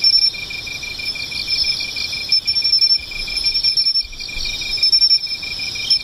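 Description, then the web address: Shrill insect chorus with pulsing high buzzes swelling and fading, a steady tone beneath and sharp very high chirps. "cats nishikawa 201110 mushinokoi"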